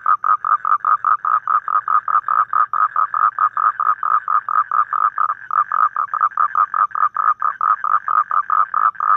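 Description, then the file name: Toad croaks pour out in a long, unbroken chain of short, gritty pulses at a brisk, even pace. "Am thanh tieng Coc keu"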